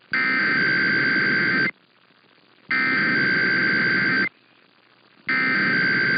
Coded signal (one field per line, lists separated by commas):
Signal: Emergency Alert System (SAME) tones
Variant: header bursts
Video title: Mountain and Pacific IPAWS Weeklies (EAS #19525-19533) 6/17/24